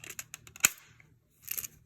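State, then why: Seated. The plastic cover of a Sub-Zero refrigerator air filter cartridge, being rebuilt, is pushed onto the housing with its tabs in the two slots. A few light plastic ticks lead to a sharp snap at 0.7 s, then a quieter cluster of clicks at 1.5 s as the cover clicks shut and is seated.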